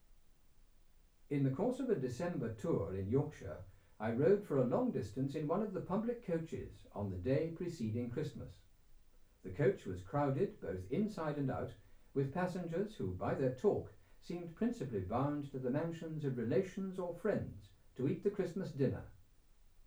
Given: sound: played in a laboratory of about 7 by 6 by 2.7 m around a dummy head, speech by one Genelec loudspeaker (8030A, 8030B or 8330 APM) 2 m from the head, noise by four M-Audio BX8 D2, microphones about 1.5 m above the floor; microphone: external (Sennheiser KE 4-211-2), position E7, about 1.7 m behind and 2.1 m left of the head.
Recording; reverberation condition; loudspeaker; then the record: male speech in English; low; behind (180 degrees)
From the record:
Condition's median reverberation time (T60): about 310 ms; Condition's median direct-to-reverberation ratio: about 3.5 dB